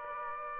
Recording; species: mosquito wingbeat signal from an infrared sensor; Aedes aegypti